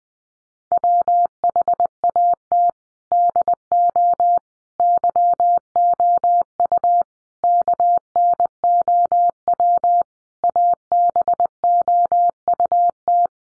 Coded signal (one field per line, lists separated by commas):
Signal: Morse code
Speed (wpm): 20 wpm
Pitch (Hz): 700 Hz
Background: none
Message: WHAT DO YOU KNOW ABOUT